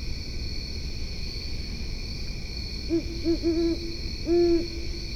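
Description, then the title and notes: Great horned owl giving deep, soft hoots: a stuttered series of short notes, then one longer hoot, over steady insect trilling and low rumble. Possibly a male, with a deeper hoot; West Grove Dog Park, Alexandria/Fairfax County, Virginia; 4 a.m., 11 September 2015; 70 degrees; Fostex FR-2 recorder, Sennheiser ME62 microphone, Telinga parabola. "Great Horned Owl recorded at West Grove Dog Park (Alexandria/Fairfax County, VA)"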